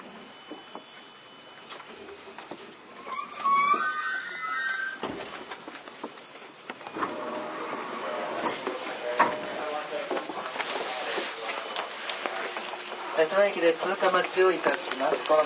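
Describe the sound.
A Toei 10-300 series train ride, with a steady rushing hum underneath throughout. Brief chirping tones come around three to four seconds. From about seven seconds the sound grows fuller, with a rising motor whine, and uneven rattling bursts crowd the last few seconds.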